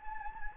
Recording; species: mosquito wingbeat signal from an infrared sensor; Anopheles gambiae